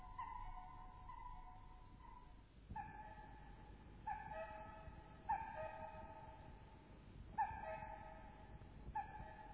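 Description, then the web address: Common cuckoo two-note calls, a higher note dropping to a lower one, repeated irregularly over a low rumbling background noise. "Sound Effects Special FX 2. Cuckoo"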